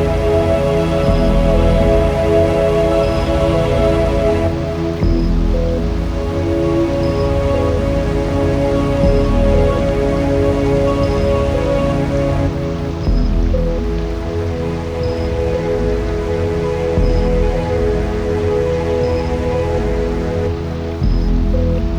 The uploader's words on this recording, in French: Au son des lacs #2 - le lac du Fischboedle. Le Fischboedle est un lac d'origine glaciaire surplombé par le Spitzkoepfle dans la forêt de la Wormsa. Le son du lac du Fischboedle.